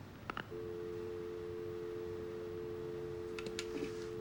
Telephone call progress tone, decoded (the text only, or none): dial tone